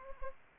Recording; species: mosquito wingbeat signal from an infrared sensor; Anopheles gambiae